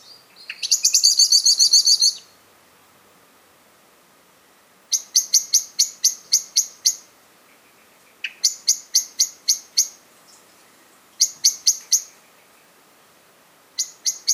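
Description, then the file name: Common blackbird opening with a loud scolding rattle, followed by repeated groups of crisp, evenly spaced chink notes. "Turdus merula"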